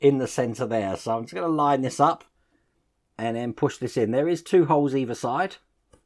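Someone talks while lining up a small plastic ashtray opening for a 1:8 scale model Lamborghini Miura with two holes, one on either side, before pushing it into the centre console. Speech fills most of the clip, and a faint short tick near 5.9 s is the only other sound. Nothing has seated or clicked into place yet.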